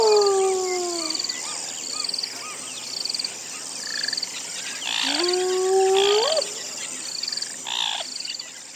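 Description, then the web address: Hyena calls: a falling note opens, and a rising whoop sweeps upward midway, amid steady bird twitters and pulsed insect-like clicks. Africa, on safari. "AFRIKA. Hyaenen Safari"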